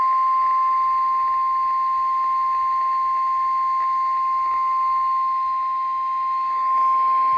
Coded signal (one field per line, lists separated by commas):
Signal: Emergency Alert System (SAME) tones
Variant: 1050 Hz attention tone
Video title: KXI47 ILX Severe Thunderstorm Warning EAS #177 (4/17/26)